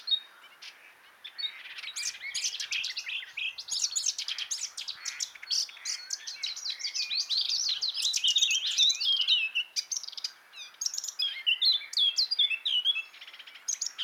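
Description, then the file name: Eurasian blackcap giving a rapid, scratchy warble of varied high chirps and twittering notes that runs almost without pause, briefly dipping quieter near the start. "Sylvia atricapilla"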